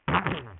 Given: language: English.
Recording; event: throat vibration sensor signal played as sound; throat clearing